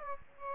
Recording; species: mosquito wingbeat signal from an infrared sensor; Aedes aegypti